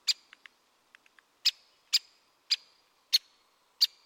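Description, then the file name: Great spotted woodpecker giving sharp, single kik calls about every half second to second, with a few fainter ticks between them. "Buntspecht"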